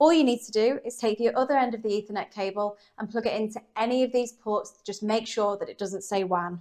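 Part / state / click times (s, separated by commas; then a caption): ethernet cable plug into router LAN port / not seated / none. The free end of an ethernet cable's plastic RJ45 plug is being handled toward a LAN port on an existing Wi-Fi router while someone talks throughout. The plug has not seated or clicked into the port yet.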